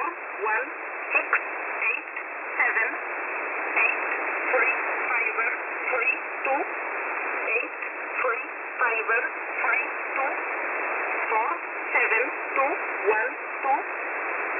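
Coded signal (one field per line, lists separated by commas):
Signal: numbers station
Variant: E11a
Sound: short, evenly spaced spoken words through heavy shortwave hiss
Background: radio static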